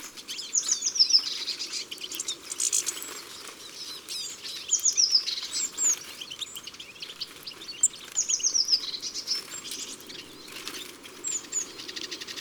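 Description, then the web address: Eurasian siskin song: rapid high twittering with quick downslurred notes in bursts every few seconds, fairly quiet, over faint steady background noise. At a bird feeder. "Mangeoire Le Tarin des aulnes. les 4 saisons des chants doiseaux"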